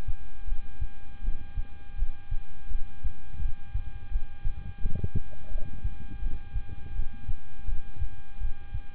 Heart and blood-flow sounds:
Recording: heart sounds by stethoscope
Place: between the tricuspid and mitral areas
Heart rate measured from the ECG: 83 bpm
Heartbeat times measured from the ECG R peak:
0.46 s: heartbeat
1.22 s: heartbeat
1.96 s: heartbeat
2.68 s: heartbeat
3.39 s: heartbeat
4.09 s: heartbeat
4.79 s: heartbeat
5.49 s: heartbeat
6.20 s: heartbeat
6.93 s: heartbeat
7.66 s: heartbeat
8.38 s: heartbeat
From the record:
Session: rest, lying down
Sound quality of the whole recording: good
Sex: male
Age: 26 years

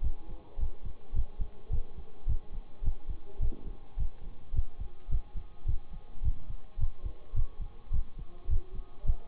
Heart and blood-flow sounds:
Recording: heart sounds by stethoscope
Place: between the tricuspid and mitral areas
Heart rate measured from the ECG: 106 bpm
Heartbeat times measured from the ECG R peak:
0.02 s: heartbeat
0.58 s: heartbeat
1.13 s: heartbeat
1.70 s: heartbeat
2.26 s: heartbeat
2.82 s: heartbeat
3.39 s: heartbeat
3.97 s: heartbeat
4.53 s: heartbeat
5.09 s: heartbeat
5.66 s: heartbeat
6.22 s: heartbeat
6.78 s: heartbeat
7.34 s: heartbeat
7.91 s: heartbeat
8.48 s: heartbeat
9.04 s: heartbeat
From the record:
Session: bicycle stress test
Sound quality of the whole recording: good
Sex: male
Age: 26 years

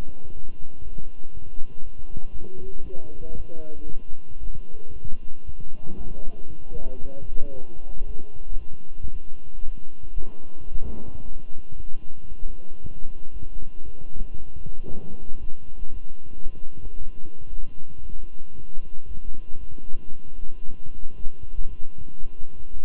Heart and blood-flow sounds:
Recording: heart sounds by stethoscope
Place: between the tricuspid and mitral areas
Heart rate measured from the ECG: 115 bpm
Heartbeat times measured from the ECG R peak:
0.35 s: heartbeat
0.83 s: heartbeat
1.33 s: heartbeat
1.82 s: heartbeat
2.32 s: heartbeat
2.83 s: heartbeat
3.36 s: heartbeat
3.87 s: heartbeat
4.39 s: heartbeat
4.92 s: heartbeat
5.45 s: heartbeat
5.97 s: heartbeat
6.49 s: heartbeat
7.02 s: heartbeat
7.54 s: heartbeat
8.07 s: heartbeat
8.59 s: heartbeat
9.12 s: heartbeat
9.64 s: heartbeat
10.17 s: heartbeat
10.70 s: heartbeat
11.24 s: heartbeat
11.76 s: heartbeat
12.28 s: heartbeat
12.80 s: heartbeat
13.32 s: heartbeat
13.84 s: heartbeat
14.36 s: heartbeat
14.89 s: heartbeat
15.40 s: heartbeat
15.92 s: heartbeat
16.45 s: heartbeat
16.98 s: heartbeat
17.49 s: heartbeat
18.01 s: heartbeat
18.55 s: heartbeat
19.07 s: heartbeat
19.59 s: heartbeat
20.12 s: heartbeat
20.65 s: heartbeat
21.17 s: heartbeat
21.69 s: heartbeat
22.22 s: heartbeat
22.75 s: heartbeat
From the record:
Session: walking at 3.7 km/h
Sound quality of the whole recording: good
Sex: male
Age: 23 years

